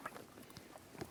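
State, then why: Not seated. An electrical wiring connector is being handled at the back of the plastic auxiliary outlet socket on a 2006-2013 Chevrolet Impala. Quiet rustling is punctuated by two short handling knocks at about 0.1 and 1.0 seconds. Nothing has seated or clicked yet.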